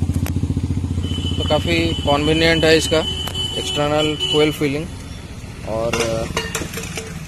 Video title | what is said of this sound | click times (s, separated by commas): HERO MAESTRO EDGE 125 LONGTERM USER REVIEW | दीजिए, ये हो गया लॉक। | 0.3 s